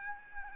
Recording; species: mosquito wingbeat signal from an infrared sensor; Aedes albopictus